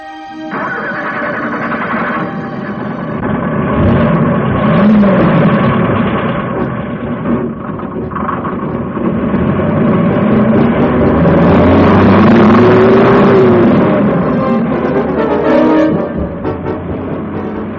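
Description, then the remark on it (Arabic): The studio's car engine cranks and starts, then runs loudly as the vehicle drives off, with a steady rumbling drone and a few rising revs mid-way. No one speaks. “ساتر، العربية دي متعبة جدا.”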